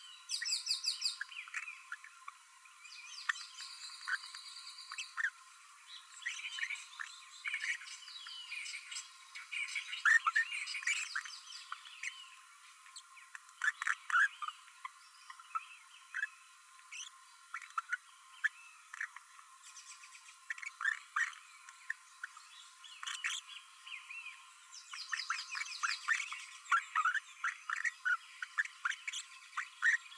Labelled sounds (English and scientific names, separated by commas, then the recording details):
Green-rumped Parrotlet (Forpus passerinus) babbling
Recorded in a nest box in Venezuela
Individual 18B12A3